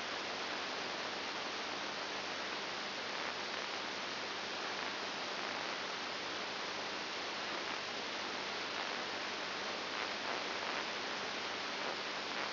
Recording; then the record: brain microelectrode recording played as sound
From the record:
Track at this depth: inside the subthalamic nucleus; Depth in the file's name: 5.901 mm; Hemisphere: left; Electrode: 2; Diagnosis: Parkinson's disease